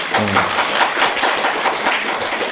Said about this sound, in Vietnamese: Câu đó hay, cho tràng pháo tay nữa đi.